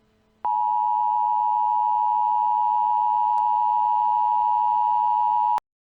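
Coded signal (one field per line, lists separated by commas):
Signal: Emergency Alert System (SAME) tones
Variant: 853 and 960 Hz attention tone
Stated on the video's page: Fictional emergency alert scenario with a glitch theme.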